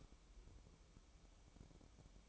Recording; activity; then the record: daily activity, microphone in the room; light off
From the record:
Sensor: 1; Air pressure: 1007.9 hPa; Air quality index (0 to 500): 115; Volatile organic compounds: 1 ppm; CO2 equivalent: 975 ppm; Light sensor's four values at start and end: 17/47/18/21 and 12/29/12/13